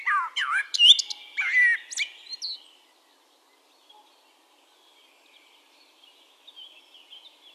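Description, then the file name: Common blackbird's short burst of low fluted notes and twittering flourishes, then near silence with faint chirping from other birds. "Turdus merula"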